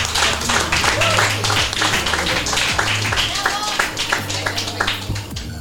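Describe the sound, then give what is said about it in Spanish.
An audience applauds a participant, breaking into steady, dense applause that lasts several seconds, many hands clapping at once, with a few voices calling out underneath before it starts to thin near the end. “Un aplauso.”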